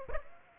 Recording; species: mosquito wingbeat signal from an infrared sensor; Aedes aegypti